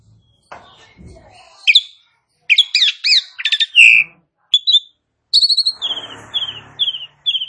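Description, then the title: Asian pied starling song opening with harsh squawky chatter, then rapid rattling notes and a run of four descending whistled notes at the end. "Bunyi Jalak Suren"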